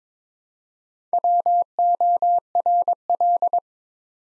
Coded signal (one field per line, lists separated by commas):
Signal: Morse code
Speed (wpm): 22 wpm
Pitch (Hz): 700 Hz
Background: none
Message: WORL